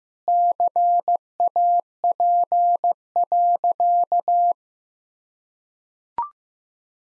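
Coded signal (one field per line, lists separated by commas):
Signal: Morse code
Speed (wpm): 15 wpm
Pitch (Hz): 700 Hz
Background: none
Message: CAP.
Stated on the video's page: Head-copy drill of sentences from the top 1600 words at 15 wpm; each sentence is sent in Morse, then spoken, then repeated.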